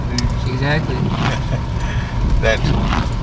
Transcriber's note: chuckles